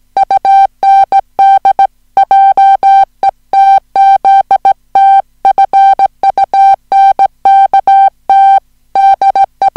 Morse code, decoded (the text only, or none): UND JETZT FUNKT DE